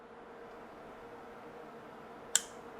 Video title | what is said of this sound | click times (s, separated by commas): Chris Reeve Umnumzaan Review - An Industry Staple For A Reason? | Fascinating that you get more noise out of closing this knife up than you do opening it. | 2.4 s